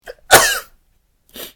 Man sneezing.